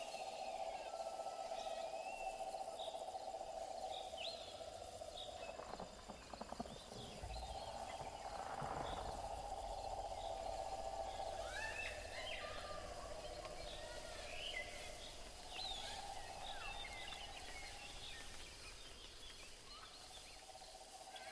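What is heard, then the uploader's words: Jungle ambience with a steady, high insect drone running throughout and scattered bird chirps and calls layered above it. Around the seven to nine second mark there are a few soft knocks and creaks, and a low rumble sits underneath. Mysterious jungle ambience.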